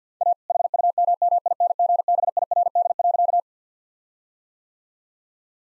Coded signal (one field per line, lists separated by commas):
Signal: Morse code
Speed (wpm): 50 wpm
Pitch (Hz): 700 Hz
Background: none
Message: A HUMMINGBIRD.